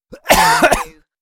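A single short cough from an adult man, with a brief voiced onset followed by a harsh burst.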